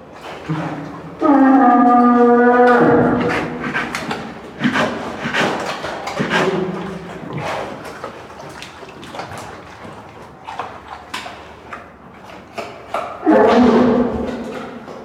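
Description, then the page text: Brown bear moaning calls: a loud, drawn-out tonal groan, then a second groan near the end, with thumps and rustling between them. Captive bear at a zoo in Madrid, separated from the rest of its group. "oso pardo separado del resto del grupo"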